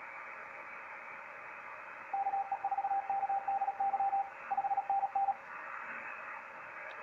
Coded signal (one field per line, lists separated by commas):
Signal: Morse code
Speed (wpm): 36 wpm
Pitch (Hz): 790 Hz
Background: radio noise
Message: KE4KDY 5NN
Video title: ZB2TT CW 15M